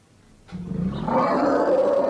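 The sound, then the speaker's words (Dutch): An elephant gives a greeting call: a low, growling rumble that swells and rises into a louder, roaring tone, sustained for nearly two seconds with no one speaking. “Geluidje 2, olifant zegt hallo.”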